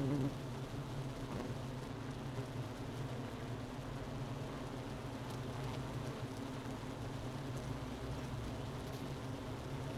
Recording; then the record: honeybee colony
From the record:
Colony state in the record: missing queen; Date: 31 May 2018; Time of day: 11:41